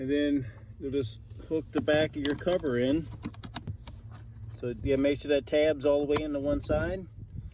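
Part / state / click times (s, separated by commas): plastic cabin air filter cover into the filter housing behind the glovebox / not seated / none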